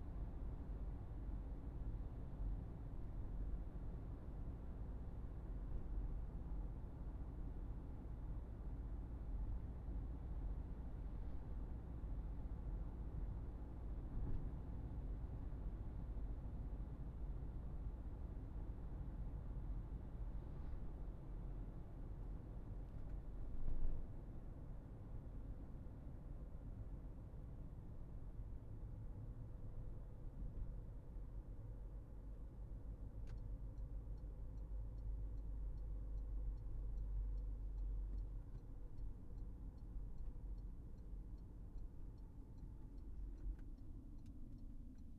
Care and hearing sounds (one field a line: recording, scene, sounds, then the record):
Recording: everyday scene through a hearing-aid microphone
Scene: in a vehicle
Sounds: engine, traffic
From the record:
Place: Berlingo II, diesel engine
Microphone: behind the ear, right, rear